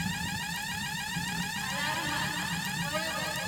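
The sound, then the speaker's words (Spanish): A security alarm sounds during a fire as smoke begins to pour into a room where children are sleeping. Its high electronic tones warble continuously in a fast repeating pattern at a steady level over a low rumble, with no voices. “Los gritos que escuché fueron alarma y fuego, y enseguida sonó la alerta de seguridad.”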